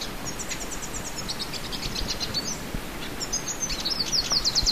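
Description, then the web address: Olivaceous siskin song, quick series of high thin notes, a pause, then a bright buzzy trilled phrase rising in intensity, with faint background noise. South America. "Natures Songs S America Olivaceous Siskin"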